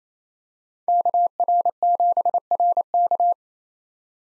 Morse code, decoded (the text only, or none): KR7RK